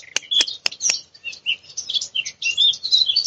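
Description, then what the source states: Eurasian Blackcap alarm calls: four hard, sharp clicking taps in the first second, then a stretch of fast, high scratchy warbling. Blackcaps repeatedly giving an alarm call that sounds like two stones knocked together, in a weedy spot with bramble runners and small rowan trees.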